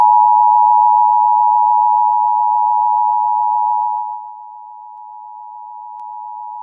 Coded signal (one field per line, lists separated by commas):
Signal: Emergency Alert System (SAME) tones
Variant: 853 and 960 Hz attention tone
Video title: Eas Scenario 2 BOOM!!! Reupload